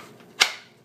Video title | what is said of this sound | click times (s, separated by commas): ESEE Junglas Machete I LOVE IT | Did you hear that snap? | 0.4 s